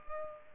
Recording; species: mosquito wingbeat signal from an infrared sensor; Culex pipiens